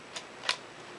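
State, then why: Seated. The stop-down preview lever on a Canon AE-1 35 mm SLR camera body is pressed, giving a small click at 0.2 s and then a sharper, louder click at 0.5 s as the lever locks into place. The lever is confirmed seated in its locked position.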